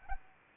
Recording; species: mosquito wingbeat signal from an infrared sensor; Anopheles arabiensis